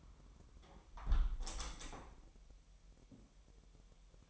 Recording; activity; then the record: daily activity, microphone in the room; close window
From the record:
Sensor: 1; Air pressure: 1000.3 hPa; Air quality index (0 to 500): 246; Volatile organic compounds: 136 ppm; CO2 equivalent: 3958 ppm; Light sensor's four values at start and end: 11/27/11/11 and 11/26/10/11